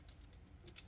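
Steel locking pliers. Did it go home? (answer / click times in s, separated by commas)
yes / 0.7 s, 0.8 s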